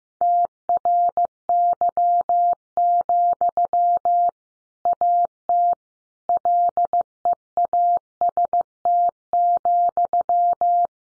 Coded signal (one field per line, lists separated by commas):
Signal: Morse code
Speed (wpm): 15 wpm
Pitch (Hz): 700 Hz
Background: none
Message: TRY, AT LEAST,